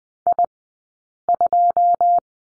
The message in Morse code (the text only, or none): I2